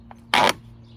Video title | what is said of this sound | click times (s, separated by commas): Best bike rack? Possibly Thule T2 XTR Pro | you can hear it clicking | 0.3 s